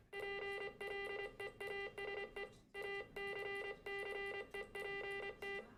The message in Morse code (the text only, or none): PLEASE ACCEPT